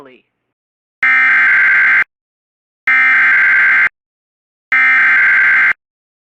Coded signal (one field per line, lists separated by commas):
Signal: Emergency Alert System (SAME) tones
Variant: header bursts